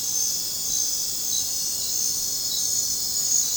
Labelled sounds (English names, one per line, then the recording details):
none
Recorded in dense forest near Puerto Asís, Putumayo, Colombia, on 21 December 2024 at 21:30
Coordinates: 0.466, -76.327
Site G075